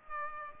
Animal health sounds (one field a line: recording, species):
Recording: mosquito wingbeat signal from an infrared sensor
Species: Aedes aegypti